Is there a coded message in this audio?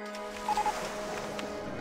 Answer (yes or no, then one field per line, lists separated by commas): no